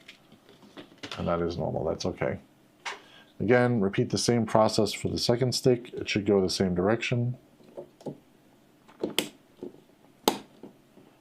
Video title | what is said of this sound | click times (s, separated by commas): System Build 32 - Bench Build AMD - Qflash-plus update (2024) | You should hear a click. Those little latches should latch back up in place. | 9.2 s, 10.3 s